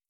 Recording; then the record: hydrophone in a shrimp aquaculture tank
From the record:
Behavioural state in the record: starved